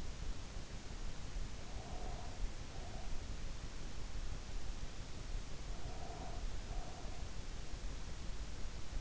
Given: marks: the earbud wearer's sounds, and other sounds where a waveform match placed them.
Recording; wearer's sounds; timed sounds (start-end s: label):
sounds in sleep by an in-ear microphone; breath
1.69-3.15 s: breath
5.78-7.31 s: breath